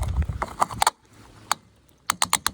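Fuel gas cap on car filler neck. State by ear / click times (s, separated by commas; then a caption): torque reached / 0.6 s, 0.8 s, 1.5 s, 2.1 s, 2.2 s, 2.3 s. A fuel gas cap is screwed back onto the filler neck of a 2000–2004 Toyota Avalon and turned until its built-in ratchet clicks at its limit, showing it is tight. Sharp ratchet clicks are heard at 0.6, 0.8, 1.5, 2.1, 2.2 and 2.3 seconds, with low rumbling handling noise early on.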